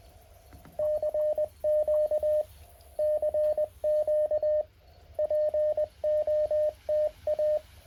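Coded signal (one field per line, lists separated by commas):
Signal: Morse code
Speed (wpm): 20 wpm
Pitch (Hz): 610 Hz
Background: radio noise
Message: CQ CQ POTA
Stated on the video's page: Morse code park activation sent from a Mountain Topper 4B transceiver into an end-fed half-wave antenna.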